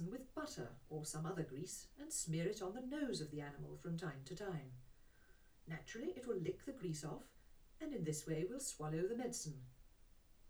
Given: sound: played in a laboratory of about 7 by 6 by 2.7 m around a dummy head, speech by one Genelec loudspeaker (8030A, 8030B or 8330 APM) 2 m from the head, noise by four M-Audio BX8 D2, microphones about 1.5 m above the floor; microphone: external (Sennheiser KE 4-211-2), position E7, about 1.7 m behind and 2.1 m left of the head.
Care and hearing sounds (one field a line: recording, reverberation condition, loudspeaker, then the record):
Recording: female speech in English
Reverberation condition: low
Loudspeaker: 30 degrees to the right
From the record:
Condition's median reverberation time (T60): about 310 ms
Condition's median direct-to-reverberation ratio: about 3.5 dB